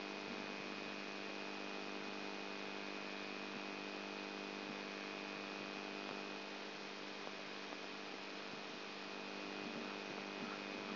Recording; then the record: brain microelectrode recording played as sound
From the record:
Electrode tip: outside the subthalamic nucleus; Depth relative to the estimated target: -4 mm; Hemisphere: right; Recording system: AlphaMap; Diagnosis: Parkinson's disease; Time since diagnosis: 12 years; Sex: female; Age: 59 years